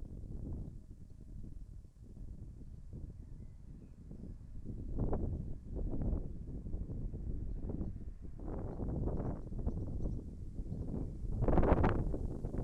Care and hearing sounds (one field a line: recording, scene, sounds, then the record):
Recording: everyday scene through a hearing-aid microphone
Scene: wind on the microphone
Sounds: wind, birds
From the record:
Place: in front of a rural house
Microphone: behind the ear, left, rear